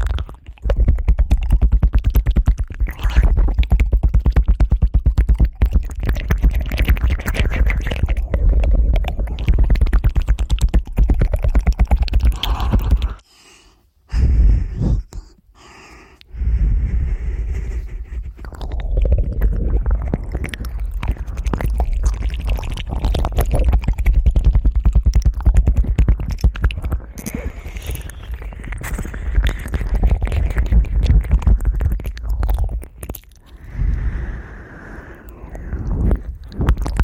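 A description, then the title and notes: Fast ear licking fills the recording with dense, wet, crackling mouth sounds and a constant low rumble underneath. The texture stays busy and irregular throughout, broken by a brief near-silent pause around 13 to 16 seconds and a short dip near 33 seconds. ASMR Ear Licking Fast.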